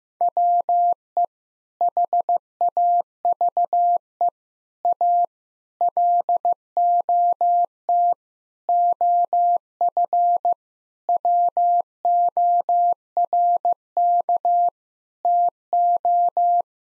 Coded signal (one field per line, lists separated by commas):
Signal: Morse code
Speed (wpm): 15 wpm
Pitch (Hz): 700 Hz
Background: none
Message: WE HAVE A LOT OF WORK TO